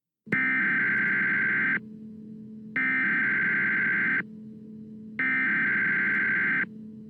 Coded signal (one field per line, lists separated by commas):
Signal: Emergency Alert System (SAME) tones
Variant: header bursts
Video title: (EAS SCENARIO) THE POOP MONSTER. MADE BY ME.